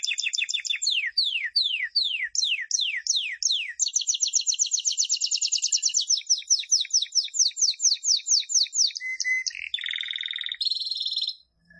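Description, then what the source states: Canary song: repeated descending sweeps in a quick series, a long rapid trill, then lower harsh buzzy rolls before stopping abruptly. Described as gacor, singing vigorously and continuously.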